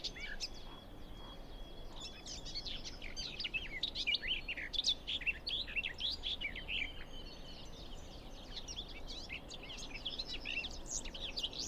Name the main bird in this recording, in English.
Garden Warbler